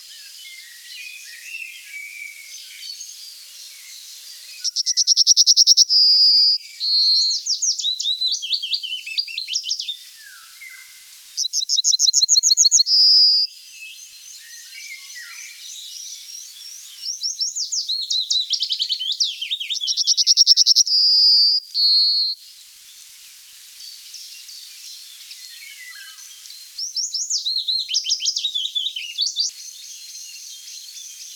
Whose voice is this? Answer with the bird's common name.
Yellowhammer